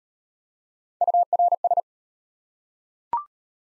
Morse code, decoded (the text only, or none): URS